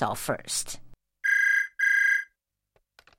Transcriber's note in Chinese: Telephone rings